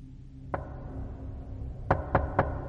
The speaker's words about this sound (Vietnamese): Khi thân ảnh người phụ nữ hoàn toàn biến mất trong camera cuối cùng, thì cánh cửa phòng bảo vệ vang lên tiếng gõ cửa.